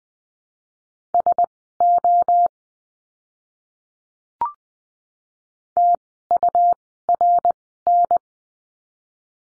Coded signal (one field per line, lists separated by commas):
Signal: Morse code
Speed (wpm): 20 wpm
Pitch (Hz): 700 Hz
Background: none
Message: SO TURN